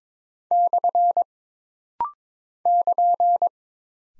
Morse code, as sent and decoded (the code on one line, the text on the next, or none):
-..-. / -.--.
/ <KN>